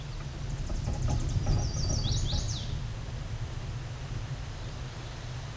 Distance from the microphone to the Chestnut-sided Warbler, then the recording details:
about 20 m. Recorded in a Pennsylvania forest on 17 May 2023 at 12:02. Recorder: AudioMoth, point grid1_19_low. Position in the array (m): 86 m, 211 m